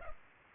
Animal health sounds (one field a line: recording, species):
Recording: mosquito wingbeat signal from an infrared sensor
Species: Culex pipiens